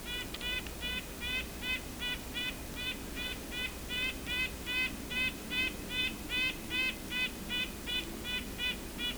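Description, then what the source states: Red-breasted Nuthatch giving nasal, tooting calls repeated steadily, roughly two or three per second, throughout, over a faint low background hum. Very nasal call, much like White-breasted Nuthatch; recorded on Isthmus Bay Road during a Christmas Bird Count.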